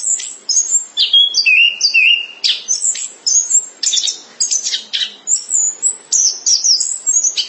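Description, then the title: Thrush singing a rapid run of sharp, high, varied chirps and short trills with barely any gaps, including an early falling whistled phrase. "burung anis"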